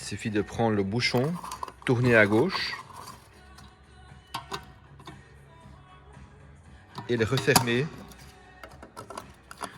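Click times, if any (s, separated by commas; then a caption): 8.6 s, 9.0 s, 9.1 s, 9.2 s, 9.5 s, 9.6 s. A fuel filler cap on a 2020 Toyota C-HR is turned back into the car's fuel filler neck by twisting it to the right until its ratchet clicks. Someone talks over quiet background music, and light handling sounds follow. The ratchet gives a series of small clicks at 8.6, 9.0, 9.1, 9.2, 9.5 and 9.6 seconds as the cap ratchets closed.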